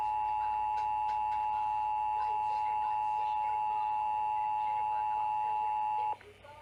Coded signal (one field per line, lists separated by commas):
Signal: Emergency Alert System (SAME) tones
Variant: 853 and 960 Hz attention tone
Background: speech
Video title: Required Monthly Test on WGN-AM 720 (EAS #1,154) 10/2/18